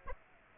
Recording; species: mosquito wingbeat signal from an infrared sensor; Aedes aegypti